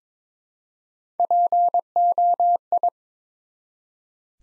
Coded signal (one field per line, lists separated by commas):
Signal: Morse code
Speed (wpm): 22 wpm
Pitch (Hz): 700 Hz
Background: none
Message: POI